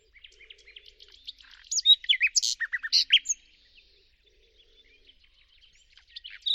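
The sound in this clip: Bird song, a varied run of high chirps and sweeping whistled notes bunched in the middle, with fainter twittering before and after.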